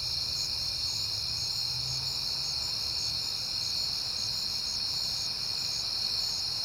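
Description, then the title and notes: Crickets keep up an unbroken shrill trilling, with a soft low hum underneath. Crickets recorded at night in September, on a peaceful night. "Night Time: Crickets and Passing Cars. It is September and I have been hearing the crickets a lot"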